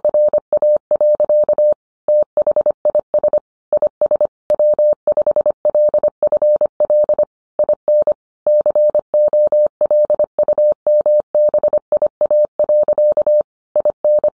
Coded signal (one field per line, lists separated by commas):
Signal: Morse code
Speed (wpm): 25 wpm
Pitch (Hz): 600 Hz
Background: none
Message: RA. THIS IS W5LFL IN COLUMBIA. IN